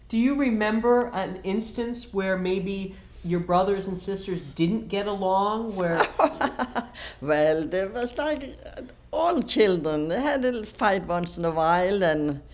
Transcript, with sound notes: Do you remember an instance where maybe your brothers and sisters didn't get along, where...
(she laughs) Well, there was, all children, they had a little fight once in a while, and,